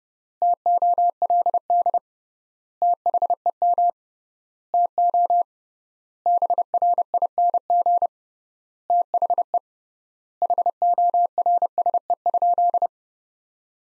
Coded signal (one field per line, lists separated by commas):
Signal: Morse code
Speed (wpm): 31 wpm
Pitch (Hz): 700 Hz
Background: none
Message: TOLD THEM TO BRING THE HORSE?